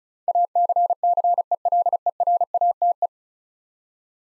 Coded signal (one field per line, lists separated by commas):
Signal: Morse code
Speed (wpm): 36 wpm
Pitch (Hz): 700 Hz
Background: none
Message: ACCELERATE